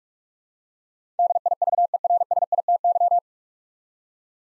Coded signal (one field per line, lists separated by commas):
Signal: Morse code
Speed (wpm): 46 wpm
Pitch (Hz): 700 Hz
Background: none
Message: DIVERSITY